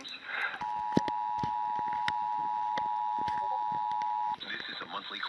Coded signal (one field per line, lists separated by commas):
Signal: Emergency Alert System (SAME) tones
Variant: 853 and 960 Hz attention tone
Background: speech